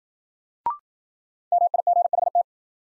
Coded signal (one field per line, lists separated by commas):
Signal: Morse code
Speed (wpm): 53 wpm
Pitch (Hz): 700 Hz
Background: none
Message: MIGHT